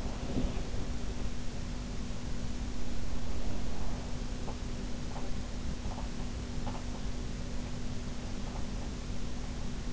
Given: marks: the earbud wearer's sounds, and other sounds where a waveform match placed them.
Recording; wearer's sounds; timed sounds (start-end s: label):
sounds in sleep by an in-ear microphone; talking in sleep
0.00-0.95 s: talking in sleep